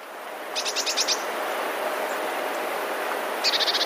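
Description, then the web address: Passerine: small songbird calls in two quick series of buzzy, rapidly repeated notes, one at the start and one at the end, with a quiet hissing gap between. Recorded 15 December 2019. "wroblowe teka mies 15 12 2019. wroblowe teka modraszkoteka"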